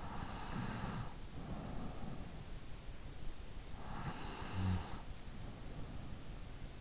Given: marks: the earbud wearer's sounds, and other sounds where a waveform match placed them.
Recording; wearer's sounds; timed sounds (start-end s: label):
sounds in sleep by an in-ear microphone; breath
0.00-2.63 s: breath
3.95-6.60 s: breath